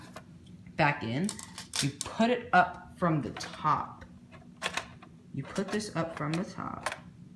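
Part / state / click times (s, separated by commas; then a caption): plastic filter cartridge into a personal evaporative air cooler / not seated / none. Someone talks while handling the wet plastic water-curtain filter cartridge of a small Arctic Air personal evaporative air cooler, guiding it back in from the top, with a few brief handling knocks around 4.7 s. The clip ends before the cartridge goes home; nothing has clicked or seated yet.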